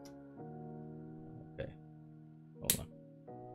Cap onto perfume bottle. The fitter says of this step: so it clicks into place you could probably Chuck it with the cap um but yeah